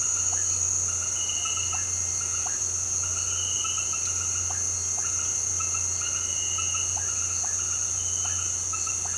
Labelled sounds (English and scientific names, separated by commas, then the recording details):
none
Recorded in pastures near Puerto Asís, Putumayo, Colombia, on 8 March 2025 at 18:00
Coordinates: 0.466, -76.322
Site CSA-02